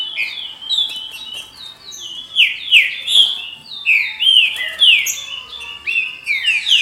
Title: Trinca Ferro